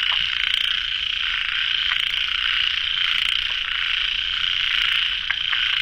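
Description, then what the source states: Frogs calling together in a steady shrill chorus, with a few brief clicking notes popping out. Frogs at a pond late at night, recorded in the field by the uploader.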